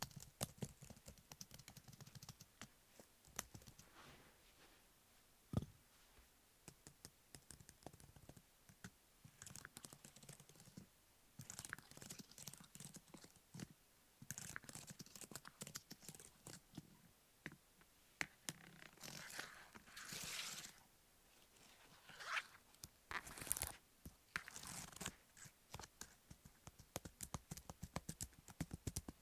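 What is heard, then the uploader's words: Rapid tapping and scratching noises, dense and irregular, with brighter rustling bursts around 10, 20 and 24 seconds like a pillow being fluffed. No talking. Typing. Tapping. Fluff pillow. Scratching.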